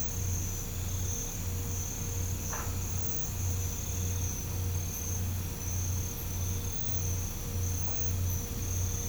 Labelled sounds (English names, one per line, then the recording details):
none
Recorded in pastures near Puerto Asís, Putumayo, Colombia, on 20 December 2024 at 04:30
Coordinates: 0.505, -76.324
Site G063